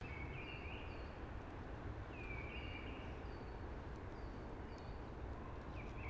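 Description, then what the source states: Eurasian blackbird giving brief mellow warbled phrases, two clear and one fainter, with thin high notes between, over constant rushing wind noise. Early singing among conifers, which are hushing.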